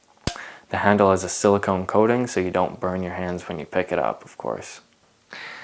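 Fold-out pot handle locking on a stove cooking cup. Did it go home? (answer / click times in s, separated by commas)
yes / 0.3 s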